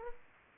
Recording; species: mosquito wingbeat signal from an infrared sensor; Culex pipiens